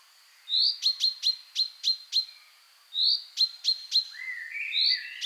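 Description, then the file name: Common chaffinch calls: two runs of sharp metallic notes, six then three, each opened by a rising chirp, then softer warbling whistles. "Fringilla coelebs"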